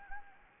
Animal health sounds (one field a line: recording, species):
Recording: mosquito wingbeat signal from an infrared sensor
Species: Anopheles gambiae